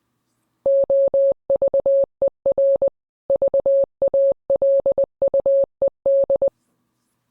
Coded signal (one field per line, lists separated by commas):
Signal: Morse code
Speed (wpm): 20 wpm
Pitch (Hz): 550 Hz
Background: none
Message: OVER VALUED